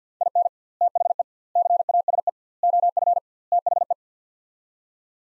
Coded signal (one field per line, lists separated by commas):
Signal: Morse code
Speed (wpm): 50 wpm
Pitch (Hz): 700 Hz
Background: none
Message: IN THE CASE OF THE